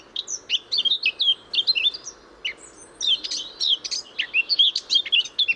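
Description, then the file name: Eurasian blackcap singing a fast, scratchy warble of jumbled high notes in two runs, with a short gap near the middle. "Sylvia atricapilla"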